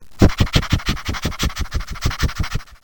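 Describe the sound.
Dog panting: quick breathy huffs, about five or six a second, in a steady rhythm that fades out at the end.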